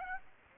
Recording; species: mosquito wingbeat signal from an infrared sensor; Aedes aegypti